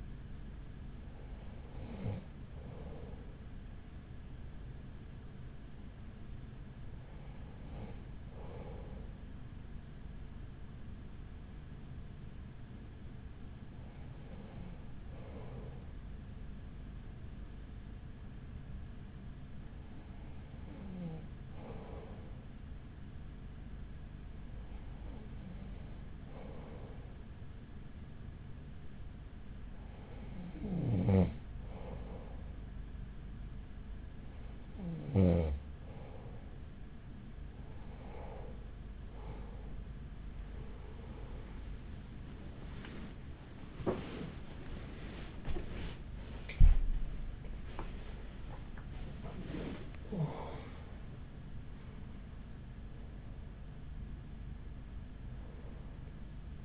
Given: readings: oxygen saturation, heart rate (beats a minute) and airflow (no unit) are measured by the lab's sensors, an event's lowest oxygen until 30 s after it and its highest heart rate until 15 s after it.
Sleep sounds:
breathing in sleep by a smartphone at the bedside; 1
16.00-44.30 s: hypopnea (N2, oxygen 96% highest, then 94% lowest, heart rate 43 at the start, 77 highest)
33.00-56.65 s: new sleep stage, N1 (lightest sleep)
From the record:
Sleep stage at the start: N2 (light sleep); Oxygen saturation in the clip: 94 to 96%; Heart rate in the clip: 39 to 76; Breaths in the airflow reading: 12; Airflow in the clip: -6.5 to 9.4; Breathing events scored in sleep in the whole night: 207 in 7.6 hours asleep

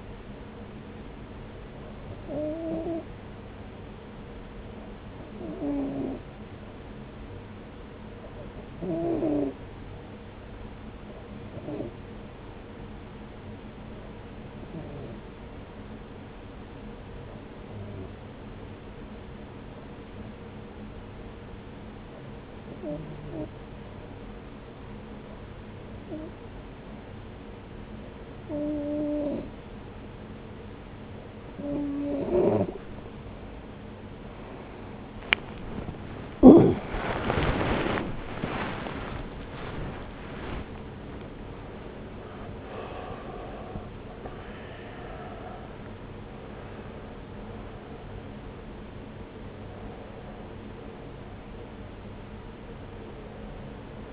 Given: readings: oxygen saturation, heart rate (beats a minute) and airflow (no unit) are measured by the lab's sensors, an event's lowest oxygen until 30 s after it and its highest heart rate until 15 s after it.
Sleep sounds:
a person awake in a sleep study, by a voice recorder at the bedside; 1
7.00-36.80 s: hypopnea (REM, oxygen 93% highest, then 92% lowest, heart rate 71 at the start, 75 highest)
25.00-54.13 s: new sleep stage, awake
33.00-54.13 s: awake
From the record:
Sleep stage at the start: REM sleep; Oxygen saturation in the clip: 92 to 94%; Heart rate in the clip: 69 to 75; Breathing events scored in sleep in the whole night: 303 in 8.1 hours asleep

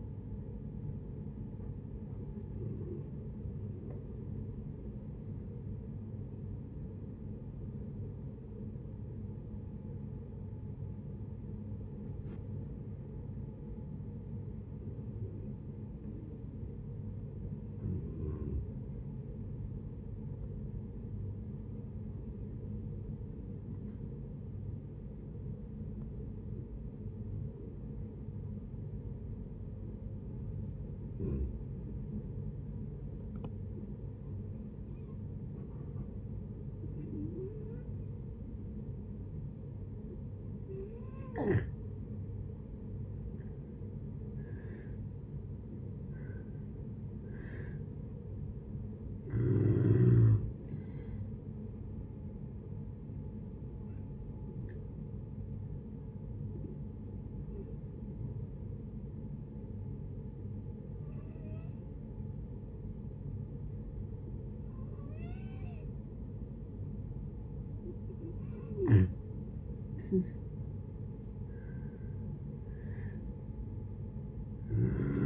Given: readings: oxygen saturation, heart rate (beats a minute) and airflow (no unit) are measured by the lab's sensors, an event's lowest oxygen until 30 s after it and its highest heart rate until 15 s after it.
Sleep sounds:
breathing in sleep by a smartphone at the bedside; 2
2.00-75.25 s: new sleep stage, N1 (lightest sleep)
20.00-40.20 s: hypopnea (N1, oxygen 96% highest, then 85% lowest, heart rate 70 at the start, 72 highest)
53.00-70.40 s: hypopnea (N1, oxygen 95% highest, then 88% lowest, heart rate 69 at the start, 72 highest)
From the record:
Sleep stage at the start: N2 (light sleep); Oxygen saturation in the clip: 85 to 96%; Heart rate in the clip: 60 to 81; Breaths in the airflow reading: 18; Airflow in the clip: -9.7 to 12.5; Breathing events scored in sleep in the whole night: 496 in 5.4 hours asleep

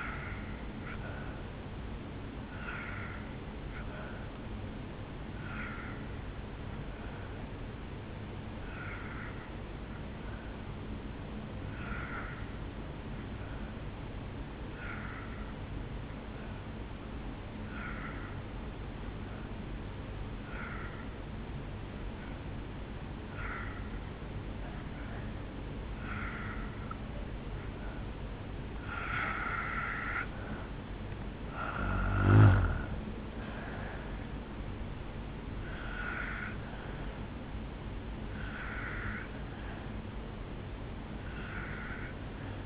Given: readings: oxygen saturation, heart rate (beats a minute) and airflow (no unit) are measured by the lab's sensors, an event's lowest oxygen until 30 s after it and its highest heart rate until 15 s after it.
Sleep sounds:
breathing in sleep by a voice recorder at the bedside; 1
7.00-31.20 s: hypopnea (N2, oxygen 90% highest, then 81% lowest, heart rate 63 at the start, 74 highest)
29.00-42.66 s: new sleep stage, N1 (lightest sleep)
From the record:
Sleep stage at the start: N2 (light sleep); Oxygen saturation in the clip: 83 to 90%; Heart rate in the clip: 60 to 74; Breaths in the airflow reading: 9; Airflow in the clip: -11.7 to 4.8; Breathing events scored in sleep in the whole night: 449 in 7.0 hours asleep

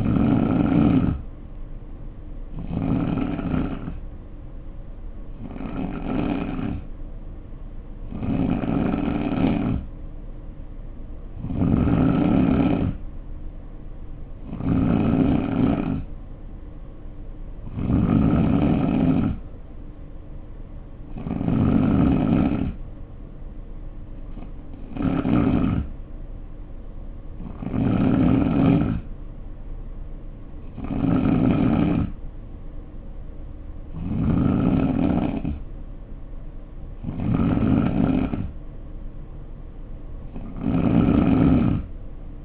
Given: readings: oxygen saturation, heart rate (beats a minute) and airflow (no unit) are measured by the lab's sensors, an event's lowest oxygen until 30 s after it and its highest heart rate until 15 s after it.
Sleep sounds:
breathing in sleep by a smartphone at the bedside; 1
6.00-20.20 s: hypopnea (N2, oxygen 90% highest, then 87% lowest, heart rate 66 at the start, 68 highest)
From the record:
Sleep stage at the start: N2 (light sleep); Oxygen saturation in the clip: 87 to 90%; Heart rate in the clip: 60 to 68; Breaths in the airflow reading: 14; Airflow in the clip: -4.3 to 3.1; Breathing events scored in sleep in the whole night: 520 in 7.2 hours asleep

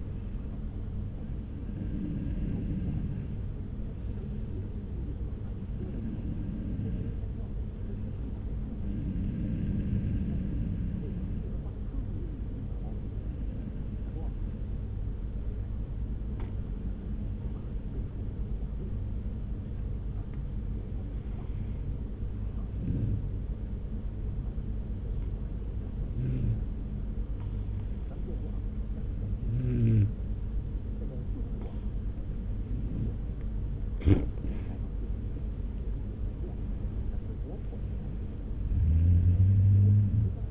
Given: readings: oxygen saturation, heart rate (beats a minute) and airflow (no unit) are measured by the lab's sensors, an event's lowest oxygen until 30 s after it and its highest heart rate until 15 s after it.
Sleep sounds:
breathing in sleep by a smartphone at the bedside; 1
10.00-34.80 s: hypopnea (N1, oxygen 96% highest, then 92% lowest)
10.00-40.51 s: new sleep stage, N2 (light sleep)
From the record:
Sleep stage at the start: N1 (lightest sleep); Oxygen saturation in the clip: 91 to 96%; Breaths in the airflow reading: 14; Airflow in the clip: -1.6 to 2.1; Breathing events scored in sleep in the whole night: 335 in 6.7 hours asleep

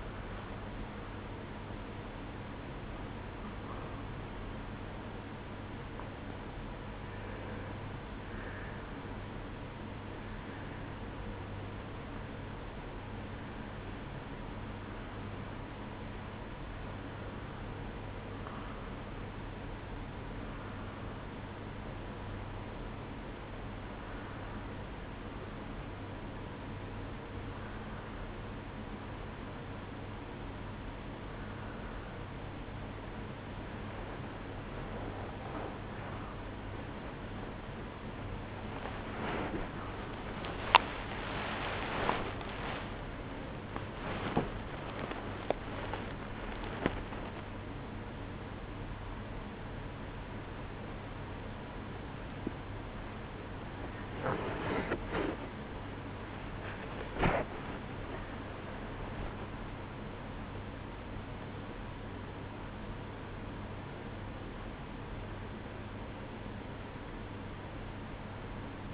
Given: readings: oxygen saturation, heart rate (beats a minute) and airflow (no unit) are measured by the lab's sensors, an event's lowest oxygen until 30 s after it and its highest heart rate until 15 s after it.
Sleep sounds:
a person awake in a sleep study, by a voice recorder at the bedside; 1
17.00-37.90 s: hypopnea (N1, oxygen 95% highest, then 95% lowest, heart rate 69 at the start, 80 highest)
26.00-68.94 s: new sleep stage, awake
30.00-68.94 s: awake
From the record:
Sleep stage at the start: N1 (lightest sleep); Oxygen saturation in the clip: 90 to 96%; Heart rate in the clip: 68 to 81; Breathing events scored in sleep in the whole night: 305 in 9.6 hours asleep

